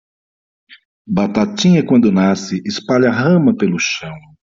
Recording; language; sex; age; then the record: short text; Brazilian Portuguese; male; 50 to 59 years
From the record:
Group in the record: control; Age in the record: 54 years